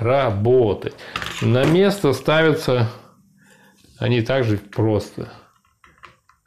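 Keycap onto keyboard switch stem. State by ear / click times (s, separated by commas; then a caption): seated / 6.1 s. Someone talks while a removed plastic keycap is pressed back onto its switch stem on a metal Defender Assault GK-350L gaming keyboard with backlighting. After a few faint taps, it snaps into place with a short, sharp click at 6.1 s and is seated.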